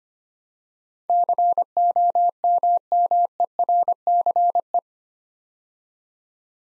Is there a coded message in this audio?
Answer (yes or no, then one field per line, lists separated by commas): yes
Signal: Morse code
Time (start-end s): 1.1-4.8 s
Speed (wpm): 26 wpm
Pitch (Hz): 700 Hz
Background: none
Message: COMMERCE